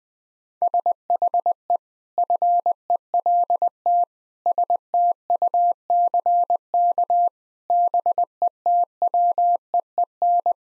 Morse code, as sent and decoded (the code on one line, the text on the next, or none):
... .... . / ..-. . .-.. - / ... - ..- -.-. -.- / -... . - .-- . . -.
SHE FELT STUCK BETWEEN